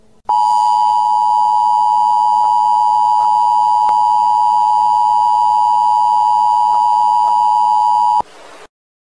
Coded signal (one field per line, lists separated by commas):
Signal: Emergency Alert System (SAME) tones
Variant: 853 and 960 Hz attention tone